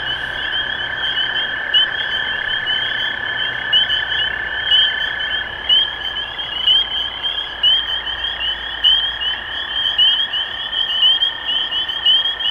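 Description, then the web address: Dense chorus of spring peepers, shrill rising peeps overlapping steadily over a constant lower drone. Recorded 23 March 2012. "rob animals Peepers-2012-0323"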